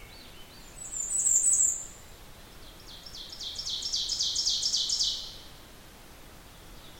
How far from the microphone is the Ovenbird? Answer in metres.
about 30 m